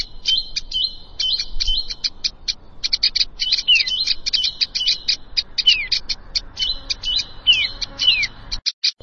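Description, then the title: Plain prinia delivering a steady stream of high, dry, buzzy notes in quick bursts, punctuated by a few sliding downward whistles. "Ciblek Sawah"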